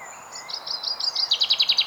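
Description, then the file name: Common chaffinch song fragment: a short series of bright trilled notes that grow louder and faster toward the end, with a faint high whistle above. "Fringilla coelebs"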